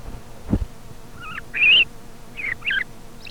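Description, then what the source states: Thrush song: a low thump, then a few warbled, wavering whistled phrases with one strong drawn-out note among them, over a background hum. Commercial lure recording, sold by a company from Càlig, for parany bird trapping.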